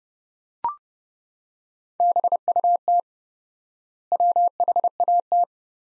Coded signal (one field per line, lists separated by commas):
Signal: Morse code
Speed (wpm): 30 wpm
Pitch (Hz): 700 Hz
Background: none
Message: BUT WHAT